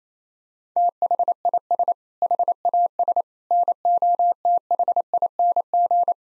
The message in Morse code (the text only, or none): THIS HAS NOTHING